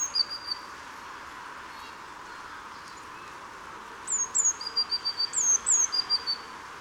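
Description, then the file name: Eurasian blue tit call: a brief fragment at the start, then a longer run of high down-slurred notes alternating with fast lower trilled phrases, over a constant low hiss. "Cyanistes caeruleus"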